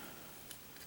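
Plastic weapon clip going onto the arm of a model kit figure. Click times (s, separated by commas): 0.5 s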